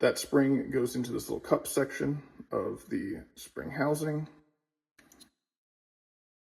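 A pistol's hammer strut spring is being placed into the small cup of the steel spring housing, which will later be pushed up the rear frame rails to click in. Someone talks for about four seconds, followed by faint, brief handling sounds near 5.0 and 5.1 seconds. Nothing has seated or clicked yet.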